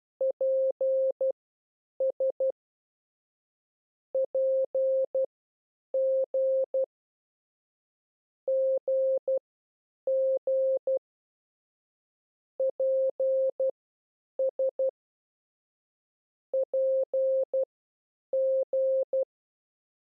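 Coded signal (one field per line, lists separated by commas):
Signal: Morse code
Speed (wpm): 12 wpm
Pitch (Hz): 530 Hz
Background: none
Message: PS PG GG PS PG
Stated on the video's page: Morse code lesson teaching the letters P, S and G.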